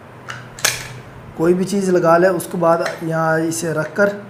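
A quick-release camera plate is unlatched from the clamp of a monopod head and taken out. Short, sharp clicks of the release mechanism sound at 0.3, 0.6 and 0.7 seconds. After that, someone talks and the plate is released.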